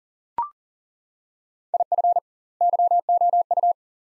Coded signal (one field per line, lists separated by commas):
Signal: Morse code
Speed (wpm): 39 wpm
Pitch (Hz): 700 Hz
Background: none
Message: IF YOU